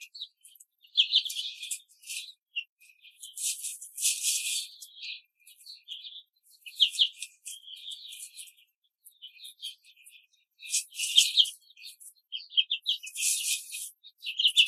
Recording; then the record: young laying hens in a cage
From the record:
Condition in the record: control cage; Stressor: none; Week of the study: 5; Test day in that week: 1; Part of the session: 4